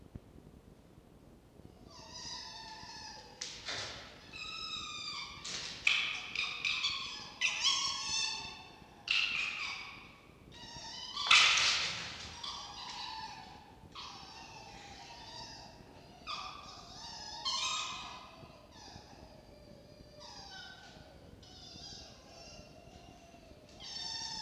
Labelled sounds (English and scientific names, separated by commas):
Red Fox (Vulpes vulpes)